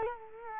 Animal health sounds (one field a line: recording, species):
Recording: mosquito wingbeat signal from an infrared sensor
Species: Culex quinquefasciatus